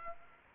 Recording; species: mosquito wingbeat signal from an infrared sensor; Aedes aegypti